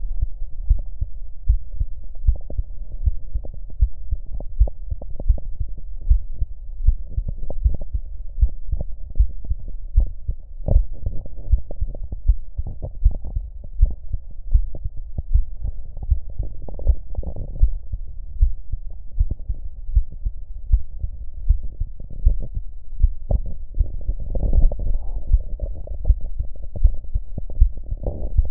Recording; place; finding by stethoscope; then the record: heart sounds by stethoscope; mitral valve (MV); normal heart sounds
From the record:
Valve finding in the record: mitral regurgitation, grade 1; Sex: male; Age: 53 years